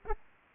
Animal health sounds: mosquito wingbeat signal from an infrared sensor; Aedes aegypti

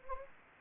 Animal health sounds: mosquito wingbeat signal from an infrared sensor; Anopheles gambiae

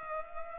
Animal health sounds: mosquito wingbeat signal from an infrared sensor; Culex pipiens

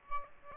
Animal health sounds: mosquito wingbeat signal from an infrared sensor; Aedes albopictus

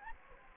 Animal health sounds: mosquito wingbeat signal from an infrared sensor; Anopheles gambiae

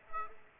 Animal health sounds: mosquito wingbeat signal from an infrared sensor; Aedes aegypti

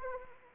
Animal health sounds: mosquito wingbeat signal from an infrared sensor; Anopheles arabiensis

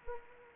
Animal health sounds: mosquito wingbeat signal from an infrared sensor; Anopheles arabiensis

